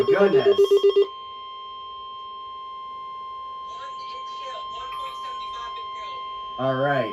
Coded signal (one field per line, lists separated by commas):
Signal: Emergency Alert System (SAME) tones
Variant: 1050 Hz attention tone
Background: speech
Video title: EAS Alerts from 6/22/23